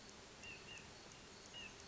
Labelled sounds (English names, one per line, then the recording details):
White-breasted Nuthatch
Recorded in Sonoma County, California